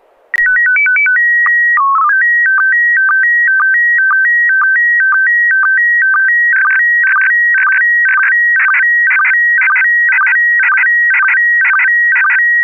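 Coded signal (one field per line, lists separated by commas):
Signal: SSTV (slow-scan television)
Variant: PD 120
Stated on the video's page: Weekly SSTV net on an FM repeater on 441.300 MHz, sent with MMSSTV software.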